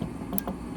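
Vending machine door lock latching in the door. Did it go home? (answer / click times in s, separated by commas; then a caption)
yes / 0.4 s. After the vending machine door is repaired, its lock is turned and the mechanism latches in the door with a single sharp click at 0.4 s, framed by softer knocks just before and after. The lock seats and the door is locked.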